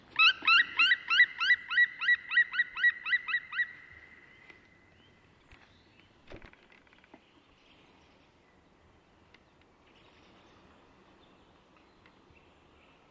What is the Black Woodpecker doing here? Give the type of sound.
song